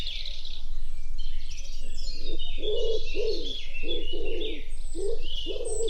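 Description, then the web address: Common wood pigeon cooing: a series of low, hollow, breathy coos in a steady run through the second half, with busy high chirping and twittering of other birds throughout. "cianscape birddata Deverinetal 2025"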